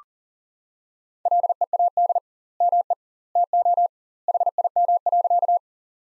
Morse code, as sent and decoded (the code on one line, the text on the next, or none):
.-.. . .- -.. / -- . / - --- / .... .. -- .-.-.-
LEAD ME TO HIM.